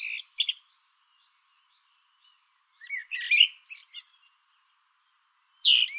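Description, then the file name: Common blackbird with short fluty notes and high twittering fragments, delivered in brief bursts with long pauses between them. "Turdus merula"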